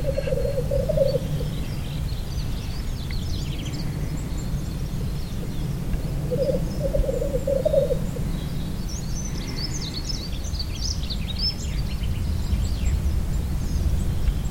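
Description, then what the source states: Black grouse giving low, bubbling rolling phrases twice, each about a second or longer, against steady rumbling background noise with high-pitched songbird chirps. Recorded in Landkreis Miesbach on 26 May 2012.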